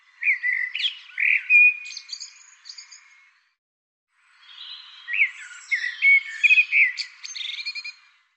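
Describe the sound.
Bird song: two long phrases of varied whistled notes and short buzzy trills, the second beginning after a brief pause.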